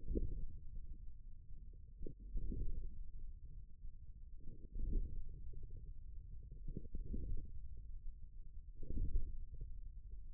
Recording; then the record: forearm muscle sounds (acoustic myography)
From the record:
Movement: radial deviation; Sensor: system 1, eight BSWA MPA416 microphones around the upper forearm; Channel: 6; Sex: male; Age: 41 years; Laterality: right